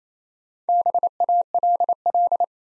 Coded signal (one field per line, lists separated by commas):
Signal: Morse code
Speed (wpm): 29 wpm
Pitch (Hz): 700 Hz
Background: none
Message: BALL